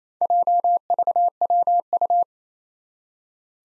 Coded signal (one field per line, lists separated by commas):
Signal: Morse code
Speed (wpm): 28 wpm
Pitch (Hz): 700 Hz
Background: none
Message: JVWU